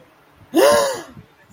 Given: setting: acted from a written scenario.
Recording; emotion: vocal sound without words; negative surprise